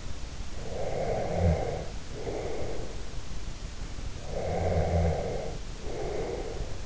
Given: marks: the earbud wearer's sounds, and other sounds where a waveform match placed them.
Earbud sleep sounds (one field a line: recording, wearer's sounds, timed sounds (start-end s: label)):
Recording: sounds in sleep by an in-ear microphone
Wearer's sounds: snoring breath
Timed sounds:
0.69-2.89 s: snoring breath
4.06-6.86 s: snoring breath